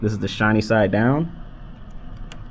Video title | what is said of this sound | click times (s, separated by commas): Master Podcasting: A Complete Beginner's Guide | and it clicks into place | 2.3 s